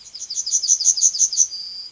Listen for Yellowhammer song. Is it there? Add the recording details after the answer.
yes. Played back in forest. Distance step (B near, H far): C. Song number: 171